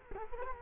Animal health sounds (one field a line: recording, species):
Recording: mosquito wingbeat signal from an infrared sensor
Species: Culex quinquefasciatus